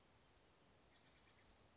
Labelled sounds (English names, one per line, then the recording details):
Steller's Jay
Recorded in Sonoma County, California